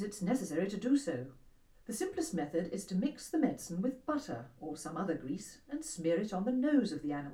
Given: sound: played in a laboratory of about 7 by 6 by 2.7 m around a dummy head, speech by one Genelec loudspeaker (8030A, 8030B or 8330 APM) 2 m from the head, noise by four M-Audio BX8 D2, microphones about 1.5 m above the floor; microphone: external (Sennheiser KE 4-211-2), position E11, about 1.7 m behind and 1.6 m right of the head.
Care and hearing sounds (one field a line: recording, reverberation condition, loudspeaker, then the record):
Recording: female speech in English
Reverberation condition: low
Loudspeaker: 60 degrees to the right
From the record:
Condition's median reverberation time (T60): about 310 ms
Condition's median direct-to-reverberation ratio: about 3.5 dB